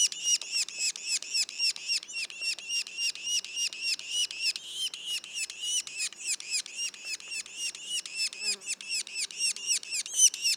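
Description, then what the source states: Yellow-bellied sapsucker calls, a long rapid train of high buzzy notes around four per second. Juveniles, recorded in Mont-Orford National Park, Quebec.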